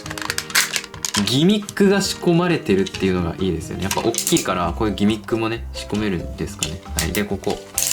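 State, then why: Not seated. Someone talks over music while handling the hinged back panel of a plastic transforming toy vehicle, with a few short sharp handling sounds near the start. The back panel is being readied to swing open and lock in position, but nothing has seated or clicked yet.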